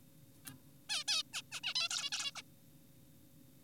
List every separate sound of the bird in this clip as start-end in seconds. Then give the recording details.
0.46-0.54, 0.90-1.04, 1.08-1.23, 1.34-1.42, 1.52-1.60, 1.64-1.74, 1.76-1.88, 1.91-2.10, 2.12-2.32, 2.36-2.42. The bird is an adult. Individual g4p5U